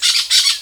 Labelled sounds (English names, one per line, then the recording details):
Brown-throated Parakeet contact call
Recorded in Venezuela
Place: Guárico; Corozopando; Fundo La Fe
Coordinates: 8.506, -67.593